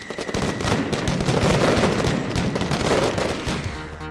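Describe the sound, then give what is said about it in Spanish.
A dense, continuous volley of rapid fireworks bursts from a 30-metre tower of thousands of single-shot charges in a pyromusical show. Sharp cracks and pops pile on top of each other at a steady loud level for several seconds, with no voices. “Estuvo dotada de una mayor vistosidad y por ello el acto giró en torno a una gran torre de 30 metros de altura compuesta de miles de disparos monotiros generando un espectáculo piromusical coordinado con los fuegos artificiales.”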